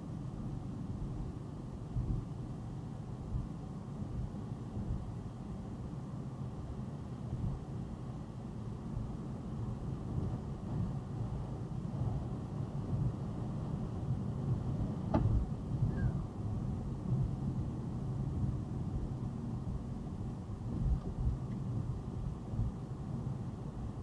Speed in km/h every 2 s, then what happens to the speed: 82, 81, 84, 87, 89, 89, 87, 85, 85, 82, 82, 85.
0-8 speeds up to 89. 8-24 steady at about 85.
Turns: none.